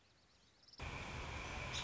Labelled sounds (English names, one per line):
American Robin